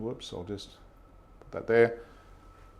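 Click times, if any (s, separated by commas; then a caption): none. Someone talks while handling a threaded metal bobbin case near the lower hook area of a Halo-100 embroidery machine, with faint handling noise under the voice. The case has not yet been pushed in with the latch released, so nothing has seated or clicked yet.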